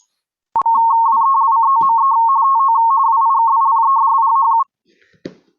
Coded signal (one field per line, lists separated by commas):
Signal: RTTY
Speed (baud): 45.45 baud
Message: WELCOME TO WIKIPEDIA=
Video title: 2021-09-16 - Digital Modes